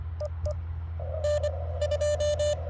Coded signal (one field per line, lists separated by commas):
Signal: Morse code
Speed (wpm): 21 wpm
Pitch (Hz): 590 Hz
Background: none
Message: EE N2